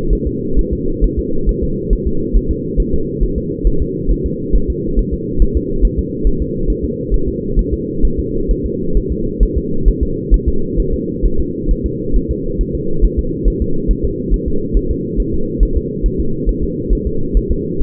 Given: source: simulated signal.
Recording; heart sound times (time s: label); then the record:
fetal heart sounds
0.13 s: S1
0.27 s: S2
0.59 s: S1
0.73 s: S2
1.04 s: S1
1.19 s: S2
1.49 s: S1
1.63 s: S2
1.93 s: S1
2.07 s: S2
2.37 s: S1
2.51 s: S2
2.80 s: S1
2.94 s: S2
3.23 s: S1
3.38 s: S2
3.67 s: S1
3.82 s: S2
4.11 s: S1
4.26 s: S2
4.56 s: S1
4.70 s: S2
4.99 s: S1
5.14 s: S2
5.42 s: S1
5.57 s: S2
5.85 s: S1
5.99 s: S2
6.27 s: S1
6.42 s: S2
6.70 s: S1
6.85 s: S2
7.14 s: S1
7.28 s: S2
7.59 s: S1
7.73 s: S2
8.05 s: S1
8.19 s: S2
8.51 s: S1
8.66 s: S2
8.97 s: S1
9.12 s: S2
9.43 s: S1
9.57 s: S2
9.88 s: S1
10.03 s: S2
10.34 s: S1
10.48 s: S2
10.80 s: S1
10.94 s: S2
11.25 s: S1
11.40 s: S2
11.71 s: S1
11.86 s: S2
12.16 s: S1
12.31 s: S2
12.61 s: S1
12.75 s: S2
13.05 s: S1
13.19 s: S2
13.48 s: S1
13.62 s: S2
13.91 s: S1
14.05 s: S2
14.34 s: S1
14.48 s: S2
14.77 s: S1
14.91 s: S2
15.20 s: S1
15.34 s: S2
15.63 s: S1
15.77 s: S2
16.06 s: S1
16.20 s: S2
16.49 s: S1
16.64 s: S2
16.93 s: S1
17.07 s: S2
17.37 s: S1
17.51 s: S2
17.82 s: S1
From the record:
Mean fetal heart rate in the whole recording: 135 bpm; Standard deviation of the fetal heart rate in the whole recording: 3 bpm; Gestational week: 36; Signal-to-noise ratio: -8.1 dB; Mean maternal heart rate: 72 bpm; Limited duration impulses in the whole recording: absent